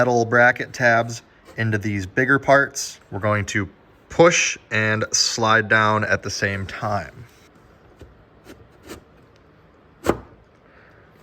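Someone talks while the bracket tabs of a plastic engine-bay component are pushed and slid down onto a metal mounting bracket in a Jeep Grand Cherokee during a Lasfit LED low beam headlight install. After the talking stops, there are faint rubbing and handling sounds. A sharp click at 10.1 s marks the plastic tab locking into place over the metal bracket, and the component is seated.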